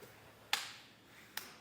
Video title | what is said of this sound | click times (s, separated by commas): etrailer - Set up: Konig Easy Fit Tire Chains on a 2023 Jeep Grand Cherokee | you'll hear it click into place | 0.5 s, 1.4 s